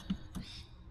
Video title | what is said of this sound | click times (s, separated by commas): XENON BULB REPLACEMENT DIY - 3RD GEN LEXUS IS | That's it, it's locked. | 0.1 s, 0.3 s